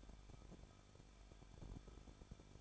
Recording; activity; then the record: daily activity, microphone in the room; no activity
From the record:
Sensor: 5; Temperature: 20.8 degrees Celsius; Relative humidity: 38.4%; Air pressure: 1006.5 hPa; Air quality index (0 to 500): 191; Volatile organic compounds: 20 ppm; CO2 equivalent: 2701 ppm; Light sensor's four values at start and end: 2/3/1/1 and 2/3/1/1